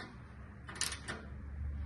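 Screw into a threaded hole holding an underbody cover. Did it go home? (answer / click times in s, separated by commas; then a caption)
no / none. A cross-threaded screw is tried again in the threaded hole holding an underbody cover on a 2023 Lexus GX460 during an oil change. Brief scraping bursts are heard at about 0.7 s and 0.8 s, with another near 1.1 s, over a steady low hum. The screw won't thread in and nothing has seated, so the threads need cleaning with a thread chaser.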